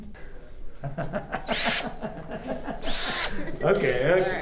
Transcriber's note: laughs